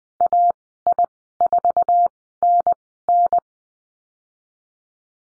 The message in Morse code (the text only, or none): AI4NN